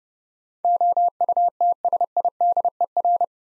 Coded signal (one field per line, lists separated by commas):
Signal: Morse code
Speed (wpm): 30 wpm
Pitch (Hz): 700 Hz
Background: none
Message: OUTSIDER